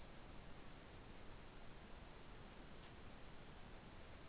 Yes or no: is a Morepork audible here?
no